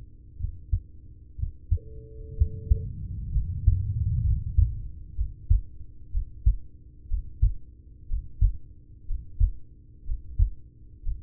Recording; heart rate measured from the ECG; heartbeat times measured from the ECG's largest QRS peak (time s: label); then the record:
heart sounds by stethoscope; 62 bpm
0.36 s: heartbeat
1.35 s: heartbeat
2.34 s: heartbeat
3.29 s: heartbeat
4.20 s: heartbeat
5.13 s: heartbeat
6.09 s: heartbeat
7.06 s: heartbeat
8.06 s: heartbeat
9.04 s: heartbeat
10.03 s: heartbeat
11.00 s: heartbeat
From the record:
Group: heart failure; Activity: rest 0-4 s, breath hold 4-11 s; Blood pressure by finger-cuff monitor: 92/52 mmHg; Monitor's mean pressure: 64 mmHg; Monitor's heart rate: 61 bpm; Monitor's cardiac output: 5.8 L/min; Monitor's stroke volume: 93 mL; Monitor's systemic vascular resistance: 820 dyn s/cm5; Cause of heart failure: ischemic heart disease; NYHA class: 1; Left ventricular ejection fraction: 33%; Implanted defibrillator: present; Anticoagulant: apixaban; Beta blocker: carvedilol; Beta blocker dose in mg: 18.75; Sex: male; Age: 39 years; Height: 168 cm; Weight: 72 kg